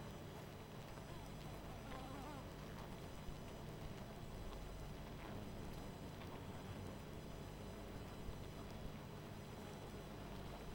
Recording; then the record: honeybee colony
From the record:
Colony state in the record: missing queen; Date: 14 July 2017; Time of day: 20:04